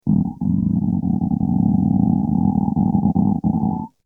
Stomach growling.